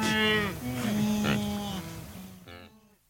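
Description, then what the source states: Wildebeest drawn-out nasal moans from a few animals, one steady low honk overlapping shorter grunts, fading out at the end. Adult animals.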